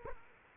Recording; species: mosquito wingbeat signal from an infrared sensor; Culex quinquefasciatus